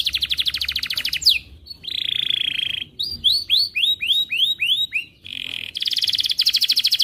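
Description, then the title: Canary alternating rapid trills with a sustained whistled tone and a string of separate swept notes, then returning to quick rattling phrases. Canary in energetic full song (gacor), with the best melodic phrasing (cengkok) and the most luxurious fill-in phrases (isian). "Kenari Gacor Cengkok Terbaik Isian Paling Mewah Kenarigacor Kicaumania Kenari"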